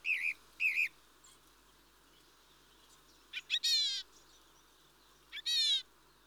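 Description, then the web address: Mistle thrush giving two arched notes, then after a pause two dry, rattling churrs with a rough grating texture, against a soft hiss. "BBC Sound Effects Library. Mistle Thrush (Turdus Viscivorus)"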